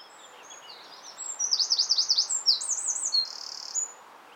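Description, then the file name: Eurasian wren giving a high, rapid trilled phrase: several fast warbling rattles that shift in pitch, lasting about two and a half seconds over faint background hiss. "Troglodytes troglodytes"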